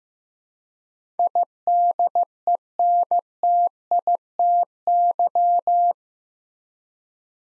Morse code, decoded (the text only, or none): IDENTITY